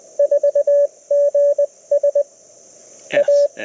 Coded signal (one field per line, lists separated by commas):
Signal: Morse code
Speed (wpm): 22 wpm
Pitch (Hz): 590 Hz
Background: none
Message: 4GS A